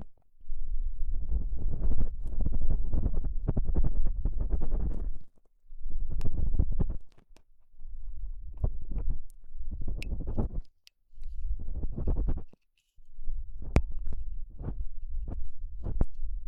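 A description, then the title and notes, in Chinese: Ear cleaning with assorted sticks: low, muffled rubbing and scratching in bursts, broken by short pauses, with occasional sharp little clicks throughout. 用各种棒棒清理你的耳朵。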